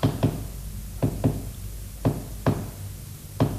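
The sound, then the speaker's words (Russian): Sharp knocks rap on a wall in quick pairs separated by short pauses, about seven blows in an uneven, deliberate pattern, a tapped code message meaning 'We will go to death but will not betray', with no voices. “Узнайте, где стучит этот телеграфист, и наставьте его на путь истины.”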